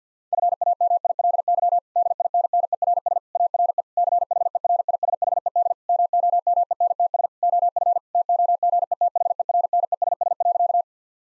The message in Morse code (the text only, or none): FAMILY DINNERS ARE CHERISHED MOMENTS OF TOGETHERNESS.